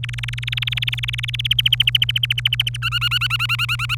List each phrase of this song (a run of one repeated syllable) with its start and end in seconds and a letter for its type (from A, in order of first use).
0.03-1.47 A, 1.50-2.77 B, 2.82-3.95 C